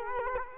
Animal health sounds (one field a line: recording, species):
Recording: mosquito wingbeat signal from an infrared sensor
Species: Culex quinquefasciatus